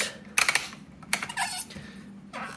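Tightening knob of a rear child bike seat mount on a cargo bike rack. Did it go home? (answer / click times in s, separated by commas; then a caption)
yes / 0.4 s, 1.1 s. A tightening knob on a Thule Yepp Maxx Easy Fit rear child seat mount on the rack of a Rad Runner cargo bike is spun until it clicks tight. Loud, sharp ratchet-like clicks land at about 0.4 s and 1.1 s, with quieter ticks around them. The clicks show the knob is fully tightened.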